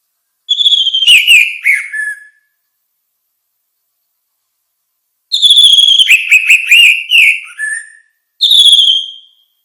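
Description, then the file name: Orange-headed thrush delivering melodious phrases of slurred whistles. A pause separates them, then a longer phrase with descending notes follows, and a short high whistle ends it. "suara kicau burung anis merah luar biasa"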